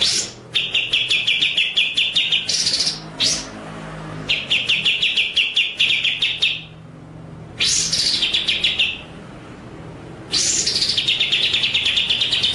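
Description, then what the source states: White-rumped shama song: long phrases of rapid stuttering high notes mixed with harsh buzzy bursts, each followed by short pauses. Masteran (training) track featuring full ngerol and nembak song styles.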